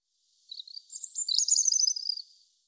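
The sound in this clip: European robin giving one short, very high phrase of rapid twittering notes and a fast trill, lasting about two seconds.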